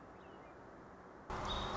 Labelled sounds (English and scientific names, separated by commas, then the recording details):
American Robin (Turdus migratorius)
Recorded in Sonoma County, California